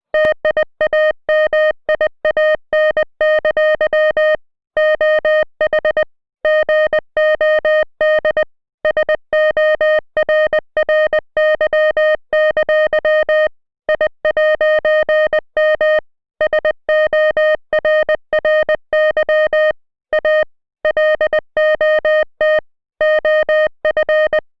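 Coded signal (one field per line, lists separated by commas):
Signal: Morse code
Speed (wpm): 20 wpm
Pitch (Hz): 1850 Hz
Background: music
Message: TIAMIAN! OH GOD SORRY! I'M SORRY A LOT OF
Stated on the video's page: International Morse made with a Morse code translator, not keyed by hand.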